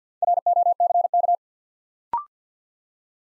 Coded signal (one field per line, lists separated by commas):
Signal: Morse code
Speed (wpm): 50 wpm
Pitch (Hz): 700 Hz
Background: none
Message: ROCK